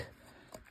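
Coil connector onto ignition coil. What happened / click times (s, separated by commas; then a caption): The electrical connector clicked into place on the coil / 0.5 s. An electrical connector is pushed back onto the ignition coil in the engine bay of a 2014 Honda CR-V during spark plug replacement. After a brief low rustle at the start, a sharp click at 0.6 s marks the connector seating onto the coil, followed by a fainter tick at 0.7 s.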